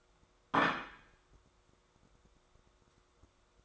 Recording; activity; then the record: daily activity, microphone in the room; place plate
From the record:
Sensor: 3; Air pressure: 1004.3 hPa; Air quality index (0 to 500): 196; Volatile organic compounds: 14 ppm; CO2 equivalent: 2461 ppm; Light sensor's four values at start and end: 5/11/4/4 and 5/11/4/4